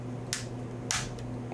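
The top edge of a Nintendo Switch Lite's plastic back shell is gently pushed down during a left analog stick replacement. Two sharp clicks come at 0.3 s and 0.9 s over a steady low hum, and the shell snaps fully into place.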